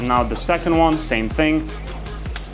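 A second clip-on circulation fan is handled for fitting onto its mounting bracket, to be slid through a groove on its mount like the first one. Someone talks over soft handling noises, with a brief knock near 2.1 s and a sharp tick at 2.4 s. Nothing has seated or clicked yet.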